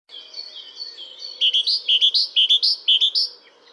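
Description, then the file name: Great tit singing a bright, repeated two-note phrase several times in quick rhythm after a softer thin opening. "Parus major"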